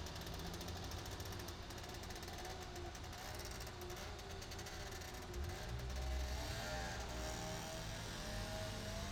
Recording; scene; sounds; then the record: everyday scene through a hearing-aid microphone; in traffic; traffic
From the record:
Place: main city hub, rush hour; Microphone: in the ear canal, right